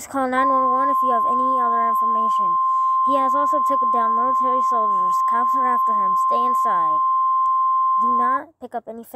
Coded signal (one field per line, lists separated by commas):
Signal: Emergency Alert System (SAME) tones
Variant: 1050 Hz attention tone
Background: speech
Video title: DENNIS THE KILLER EAS